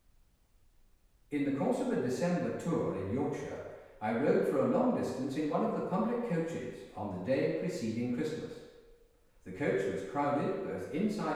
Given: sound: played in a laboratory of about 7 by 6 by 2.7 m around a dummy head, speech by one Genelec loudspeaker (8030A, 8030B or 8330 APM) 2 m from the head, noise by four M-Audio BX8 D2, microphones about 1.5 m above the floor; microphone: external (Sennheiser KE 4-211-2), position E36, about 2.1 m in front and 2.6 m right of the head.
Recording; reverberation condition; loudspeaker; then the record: male speech in English; high; 150 degrees to the left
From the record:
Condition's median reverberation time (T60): about 1300 ms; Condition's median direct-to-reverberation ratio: about -4.0 dB